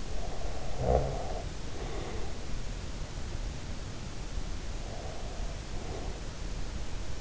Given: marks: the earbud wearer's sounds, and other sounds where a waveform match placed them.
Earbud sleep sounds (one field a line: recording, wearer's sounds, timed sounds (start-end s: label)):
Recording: sounds in sleep by an in-ear microphone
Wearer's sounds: snoring breath, breath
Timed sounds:
0.00-2.49 s: snoring breath
4.31-6.82 s: breath